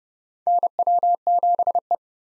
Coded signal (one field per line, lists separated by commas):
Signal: Morse code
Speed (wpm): 29 wpm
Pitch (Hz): 700 Hz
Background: none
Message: NW7E